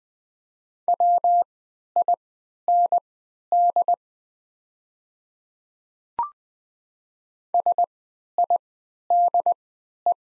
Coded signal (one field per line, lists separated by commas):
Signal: Morse code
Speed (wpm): 20 wpm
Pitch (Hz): 700 Hz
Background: none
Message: WIND SIDE